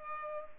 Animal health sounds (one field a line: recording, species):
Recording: mosquito wingbeat signal from an infrared sensor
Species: Culex pipiens